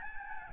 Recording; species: mosquito wingbeat signal from an infrared sensor; Aedes albopictus